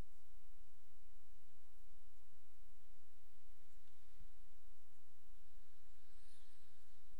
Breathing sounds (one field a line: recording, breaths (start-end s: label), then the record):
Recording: nose breathing near a microphone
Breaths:
5.30-7.20 s: inhalation
From the record:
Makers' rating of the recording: medium